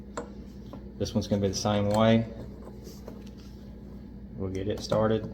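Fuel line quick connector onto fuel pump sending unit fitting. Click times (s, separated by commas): 0.2 s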